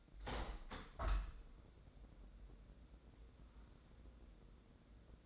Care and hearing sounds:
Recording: daily activity, microphone in the room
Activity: open window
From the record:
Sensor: 3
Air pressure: 1012.3 hPa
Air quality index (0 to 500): 142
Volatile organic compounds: 2 ppm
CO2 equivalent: 1097 ppm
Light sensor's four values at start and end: 310/759/316/313 and 311/760/317/314

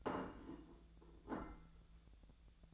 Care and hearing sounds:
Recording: daily activity, microphone in the room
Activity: place plate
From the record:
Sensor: 3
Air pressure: 1000.2 hPa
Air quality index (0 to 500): 141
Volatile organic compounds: 2 ppm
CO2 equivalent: 1250 ppm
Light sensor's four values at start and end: 29/73/31/34 and 29/74/31/34

